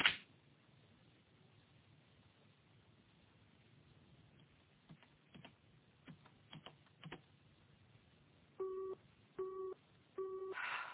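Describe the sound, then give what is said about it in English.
A few scattered clicks, then a telephone busy signal: a steady low electronic tone pulsing on and off in short, evenly spaced bursts, repeated three times with no voices. “The line's engaged.”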